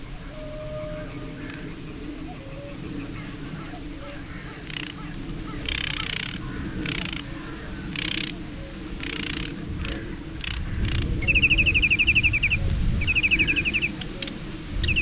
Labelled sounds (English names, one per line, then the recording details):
Sedge Warbler song
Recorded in the wild
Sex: male
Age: adult
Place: Zarnekow, Peenetal, Mecklenburg-Vorpommern, DE
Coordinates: 53.8772, 12.8892
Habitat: wetland
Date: 2010-06-08 21:50
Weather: fair, 20°C, weak easterly winds
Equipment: Sound Devices 702, Sennheiser MKH 70, Rycote Windschutz
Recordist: Frommolt, Karl-Heinz